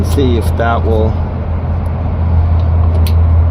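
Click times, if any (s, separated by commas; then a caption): 3.1 s. With its tabs squeezed, the plastic DEF line quick-connect coupling is pushed onto the dosing valve of a Mack Anthem over a steady low hum while someone talks. A single sharp click sounds at 3.1 s, and the coupling is seated.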